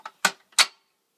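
A metal section of a Werner telescopic combination ladder is pivoted to the chosen height, and its hinge lock pin is pushed into the hinge hole. A soft tick is followed by a sharp click at 0.3 s, then another loud click near 0.6 s. The hinge lock seats.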